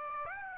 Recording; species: mosquito wingbeat signal from an infrared sensor; Aedes aegypti